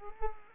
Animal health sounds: mosquito wingbeat signal from an infrared sensor; Culex quinquefasciatus

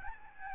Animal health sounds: mosquito wingbeat signal from an infrared sensor; Aedes albopictus

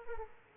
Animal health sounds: mosquito wingbeat signal from an infrared sensor; Aedes aegypti

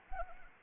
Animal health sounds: mosquito wingbeat signal from an infrared sensor; Anopheles arabiensis

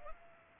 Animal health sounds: mosquito wingbeat signal from an infrared sensor; Culex pipiens

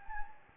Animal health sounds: mosquito wingbeat signal from an infrared sensor; Anopheles gambiae

